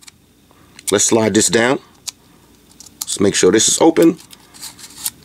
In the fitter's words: okay now you got the bottle top opener it locks into place